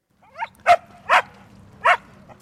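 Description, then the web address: Dog barking: a soft yip, then three sharp barks, the last after a longer gap, with a steady low hum underneath. Dogs at a public pool in North Carolina, 25 September 2025. "dogs take over a public pool in north carolina"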